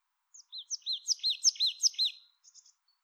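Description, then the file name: Marsh tit calling: a sharp high note, then a quick series of several arched, ringing notes alternating with higher notes, ending with a few faint high ticks. "Poecile palustris"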